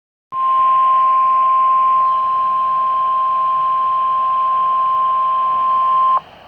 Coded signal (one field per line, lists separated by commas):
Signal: Emergency Alert System (SAME) tones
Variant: 1050 Hz attention tone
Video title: Tornado Warning (EAS #699)